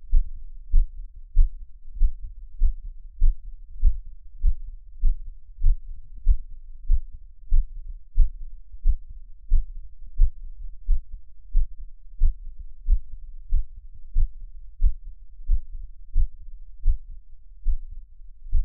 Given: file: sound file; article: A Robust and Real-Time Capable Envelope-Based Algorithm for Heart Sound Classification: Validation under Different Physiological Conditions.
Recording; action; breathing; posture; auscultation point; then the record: heart sounds by electronic stethoscope; after 5 min of sport; deep; sitting; Erb’s point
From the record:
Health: healthy, no known heart disease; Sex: male